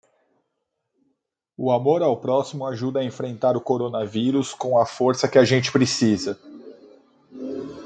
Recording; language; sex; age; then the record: spoken sentence; Brazilian Portuguese; male; 30 to 39 years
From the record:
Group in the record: control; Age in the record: 35 years